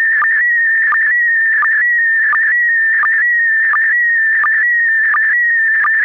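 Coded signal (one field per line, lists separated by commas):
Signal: SSTV (slow-scan television)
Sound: warbling whistle-like tone around 2 kHz with regular short low chirps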